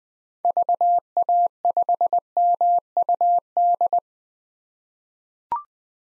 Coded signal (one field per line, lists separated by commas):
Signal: Morse code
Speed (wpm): 20 wpm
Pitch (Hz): 700 Hz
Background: none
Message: VA5MUD